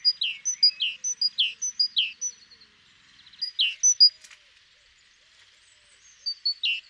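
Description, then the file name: Great tit giving short bursts of repeated two-note phrases, separated by quiet gaps, with a brief click in the middle. "Parus major"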